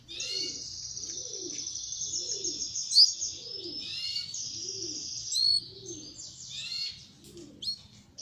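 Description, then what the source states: Belgian canary song as a long, continuous warbling stream, with a low soft cooing-like call repeating about every second beneath it. Copper-coloured Belgian canary singing.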